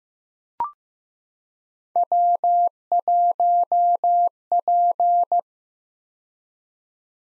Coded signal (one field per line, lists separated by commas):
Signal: Morse code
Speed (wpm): 15 wpm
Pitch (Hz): 700 Hz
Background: none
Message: W1P